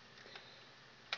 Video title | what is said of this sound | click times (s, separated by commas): What you need to know about afci circuit breakers. | that plugs onto there if i okay see that that little clicks on all right | 1.1 s